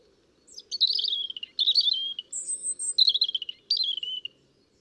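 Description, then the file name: European robin song: several short warbled phrases of descending liquid notes, one with a very high thin whistle, separated by brief pauses. "Erithacus rubecula"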